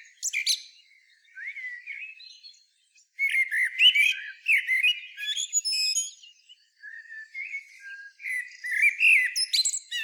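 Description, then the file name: Common blackbird delivering repeated warbled phrases, low fluting notes mixed with shrill squeaky flourishes, pausing briefly between phrases. "Turdus merula"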